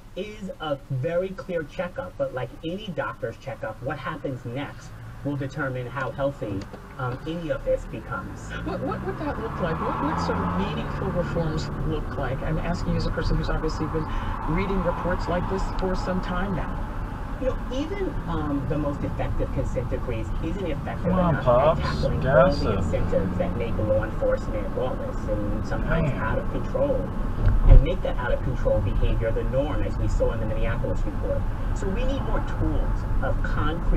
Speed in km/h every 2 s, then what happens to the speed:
0, 0, 0, 0, 0, 21, 29, 24, 19, 19, 23, 32, 32, 35, 32, 32, 35.
0-8 standing. 8-12 pulls away to 29. 12-16 slows to 19. 19-22 speeds up to 32. 22-31 steady at about 32.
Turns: 13-21.